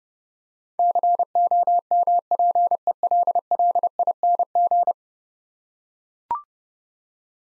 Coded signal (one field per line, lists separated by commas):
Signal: Morse code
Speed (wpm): 30 wpm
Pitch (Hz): 700 Hz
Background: none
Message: COMPELLING